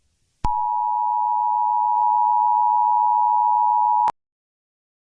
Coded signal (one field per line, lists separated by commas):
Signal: Emergency Alert System (SAME) tones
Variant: 853 and 960 Hz attention tone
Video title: The bombing(a Jurassic Park novel eas scenario) along horror